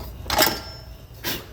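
A large snap ring is tapped into the receiver groove in the bearing bore of a front-wheel-drive hub knuckle. A single sharp metallic snap at 0.3 s marks the ring seating in its groove, followed by a softer rustle near 1.3 s. The snap ring is confirmed seated.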